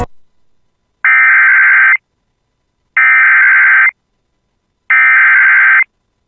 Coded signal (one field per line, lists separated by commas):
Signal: Emergency Alert System (SAME) tones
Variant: header bursts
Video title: [EAS] Grand Forks ND County Severe Thunderstorm Warning 6/14/25 (TWO INCH HAIL!)